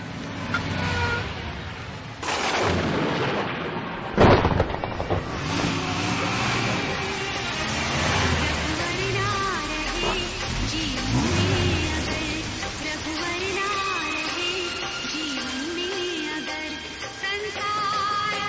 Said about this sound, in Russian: И вот их автомобиль уже мчится по дороге во Вриндаван.